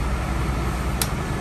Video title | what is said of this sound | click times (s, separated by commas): Cascadia disc brake pads replacement | i can't turn the wheel so now what you got to do is take three clicks off | 1.0 s